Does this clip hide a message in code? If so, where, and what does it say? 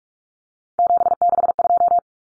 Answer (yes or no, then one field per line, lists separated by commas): yes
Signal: Morse code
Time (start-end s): 0.8-2.0 s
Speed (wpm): 44 wpm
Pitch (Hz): 700 Hz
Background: none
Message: 762